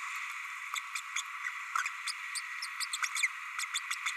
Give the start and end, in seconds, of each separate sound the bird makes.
1.15-1.22, 1.77-1.83, 2.06-2.12, 2.35-2.41, 2.80-2.86, 2.93-2.97, 3.02-3.06, 3.22-3.28, 3.74-3.80, 4.05-4.12